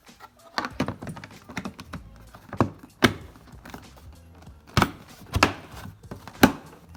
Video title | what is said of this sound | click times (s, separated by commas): First Drive Ride On Slingshot - Assembly Tutorial by Marley | Hear the snap? That's what you're looking for. That's how you know it's locked and secure. | 2.6 s, 4.8 s, 5.4 s, 6.4 s